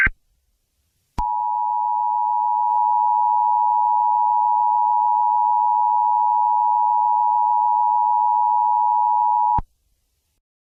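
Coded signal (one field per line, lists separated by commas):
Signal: Emergency Alert System (SAME) tones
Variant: 853 and 960 Hz attention tone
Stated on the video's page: Fictional EAS scenario.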